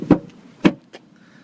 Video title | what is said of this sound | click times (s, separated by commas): 2013 Volkswagen Touareg Walk round | and locks into place. | 0.7 s